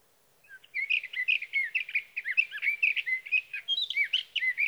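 Sage thrasher singing a continuous, fast jumble of warbling phrases and slurred whistles that runs on without a break.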